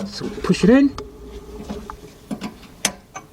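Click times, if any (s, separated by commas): 2.8 s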